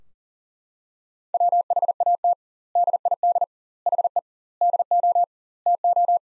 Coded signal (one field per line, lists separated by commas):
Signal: Morse code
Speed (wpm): 40 wpm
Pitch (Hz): 700 Hz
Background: none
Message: WHAT DID HE DO TO